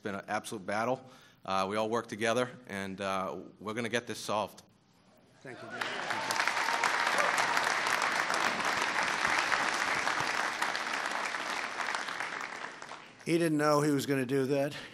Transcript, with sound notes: It’s been an absolute battle. We all work together, and we’re going to get this solved. (Applause.)
Thank you. He didn’t know he was going to do that.